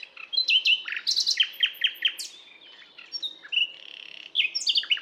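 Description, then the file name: Common nightingale pouring out a dense, varied song of rapid chirps, whistled slurs and clipped notes with barely a break. "Luscinia megarhynchos"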